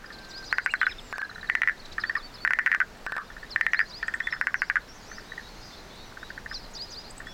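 Frog giving quick runs of clicky pulses in clustered bursts, the later bursts fainter, over a soft background hiss.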